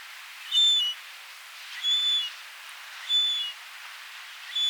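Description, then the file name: Yellow-legged gull uttering a few plaintive high whistles, each under half a second long, spaced over a second apart, with faint background hiss. Cries of a young bird. "Goéland leucophée (Larus michahellis) - Cris d un jeune oiseau (Cédric Mroczko)"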